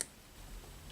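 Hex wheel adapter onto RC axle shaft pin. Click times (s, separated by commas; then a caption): 0.0 s. A hex wheel adapter on a Carisma SCA1E 2.1SPEC Bulldog Deluxe RC crawler is pushed over the small 9.8 mm cross pin that goes through the hole in the axle shaft. A single sharp click is heard at 0.0 s, followed by quiet low background noise. The adapter seats on the pin.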